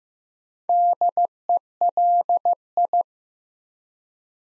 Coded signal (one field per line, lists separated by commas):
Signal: Morse code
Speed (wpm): 15 wpm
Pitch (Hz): 700 Hz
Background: none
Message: DELI